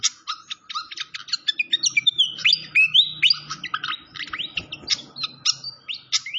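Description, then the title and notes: Malaysian pied fantail song: sharp chirps mixed with bright rising and falling whistled notes, over a soft low hum. Clear-voiced song from a masteran (training) recording. "Masteran Sikatan Kipas Suara Jernih Dan Suara Gemericik Air. Suara Burung Sikatan Londo"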